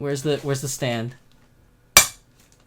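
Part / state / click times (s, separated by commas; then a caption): doll foot magnet onto display stand base / seated / 2.0 s. Someone talks, then a bare vinyl doll foot with an embedded magnet is placed onto the metal/magnetic display stand base. The magnet snaps on with a sharp, loud click at 1.9 seconds and the foot is seated on the stand.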